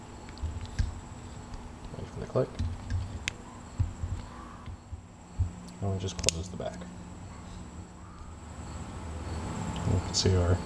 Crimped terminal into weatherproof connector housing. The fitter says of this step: female connector wait for the click and